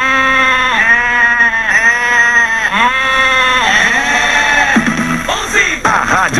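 A sheep or goat bleats loudly in a run of about four wavering, nasal cries, followed by a few shorter, rougher bleats, with no other sounds around them.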